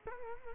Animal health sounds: mosquito wingbeat signal from an infrared sensor; Culex quinquefasciatus

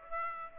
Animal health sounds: mosquito wingbeat signal from an infrared sensor; Aedes aegypti

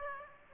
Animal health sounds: mosquito wingbeat signal from an infrared sensor; Aedes aegypti

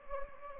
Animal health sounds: mosquito wingbeat signal from an infrared sensor; Anopheles gambiae

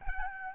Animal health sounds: mosquito wingbeat signal from an infrared sensor; Aedes albopictus

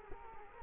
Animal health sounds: mosquito wingbeat signal from an infrared sensor; Culex quinquefasciatus

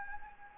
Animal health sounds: mosquito wingbeat signal from an infrared sensor; Anopheles gambiae

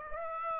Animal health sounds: mosquito wingbeat signal from an infrared sensor; Aedes aegypti

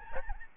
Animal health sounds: mosquito wingbeat signal from an infrared sensor; Aedes albopictus

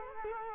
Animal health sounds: mosquito wingbeat signal from an infrared sensor; Culex quinquefasciatus

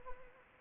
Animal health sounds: mosquito wingbeat signal from an infrared sensor; Anopheles arabiensis

